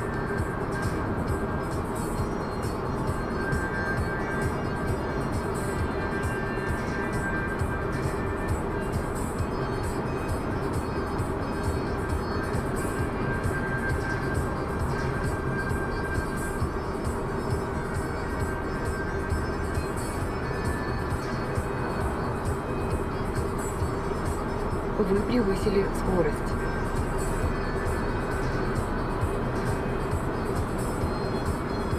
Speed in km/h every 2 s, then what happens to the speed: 102, 103, 103, 104, 105, 106, 107, 106, 106, 107, 109, 111, 112, 112, 113, 113.
0-32 speeds up to 113.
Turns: none.